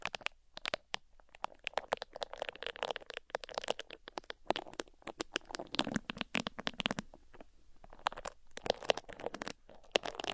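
Ear-picking sounds: dense bursts of scratchy crackling and rubbing that come in quick, irregular flurries throughout. Sharp clicks punctuate the scraping, with brief quiet gaps near the start and around seven to eight seconds, and a faint low rumble underneath.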